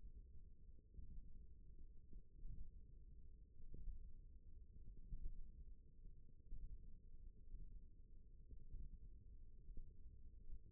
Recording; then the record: forearm muscle sounds (acoustic myography)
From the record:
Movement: thumb flexion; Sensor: system 1, eight BSWA MPA416 microphones around the upper forearm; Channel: 4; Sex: female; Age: 21 years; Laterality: right